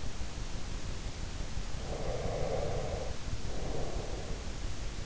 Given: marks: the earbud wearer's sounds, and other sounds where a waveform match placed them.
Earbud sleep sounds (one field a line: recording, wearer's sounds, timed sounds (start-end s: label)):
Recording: sounds in sleep by an in-ear microphone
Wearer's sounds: breath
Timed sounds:
1.86-4.38 s: breath